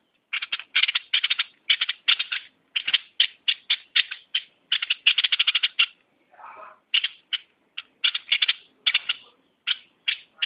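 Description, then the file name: Bulbul chattering in repeated bursts of harsh, buzzy notes and quick rattles, with a brief softer lower sound midway. "merbah lekir"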